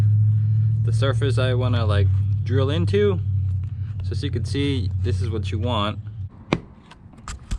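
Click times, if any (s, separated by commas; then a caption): 6.5 s. A fabric-wrapped door card piece is pressed back onto a car door panel, and its plastic trim clip snaps into place with a sharp click at 6.5 s. Someone talks over a low engine-like rumble for most of the clip, and a few fainter taps follow near the end. The panel sits flush again, as it was before.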